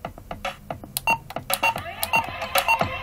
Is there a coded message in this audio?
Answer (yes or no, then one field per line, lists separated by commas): no